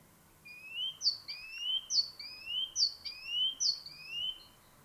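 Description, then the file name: Great tit calling: bright two-part notes that rise in pitch, repeated at an even pace about once a second, over quiet background. "Parus major"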